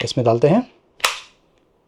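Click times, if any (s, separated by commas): 1.1 s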